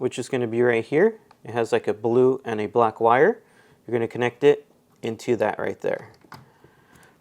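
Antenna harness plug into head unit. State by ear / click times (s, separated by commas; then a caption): seated / 6.3 s. An antenna harness plug with blue and black wires is pushed into a Dasaita 10.2 Android head unit during a Toyota Tacoma installation while someone talks. A short, sharp click at 6.3 s marks the connector seating fully.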